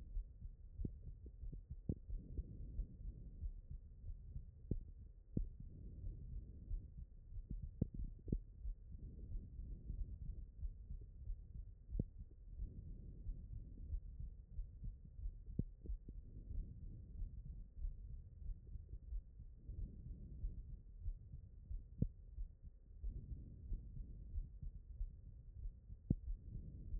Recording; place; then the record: heart sounds by stethoscope; aortic valve (AV)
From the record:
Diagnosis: non-HFrEF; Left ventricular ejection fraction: 68%